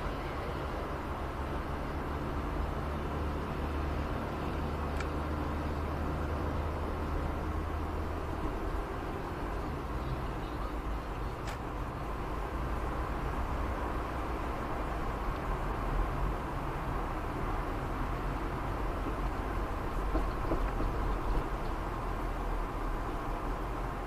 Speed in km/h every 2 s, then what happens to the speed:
76, 77, 78, 78, 77, 76, 74, 73, 73, 70, 69, 69.
0-24 slows to 69.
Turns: none.